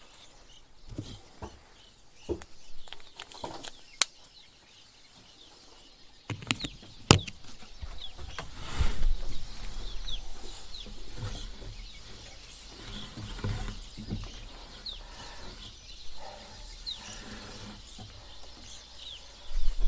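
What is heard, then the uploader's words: Birds chirp and call in short bright bursts, sparse in the first six seconds, then denser and overlapping through the rest of the clip. A low rumble and scattered clicks and knocks sit underneath, with a louder thump near the end. Bird Song with Tea. This morning I spent some time outside having some tea.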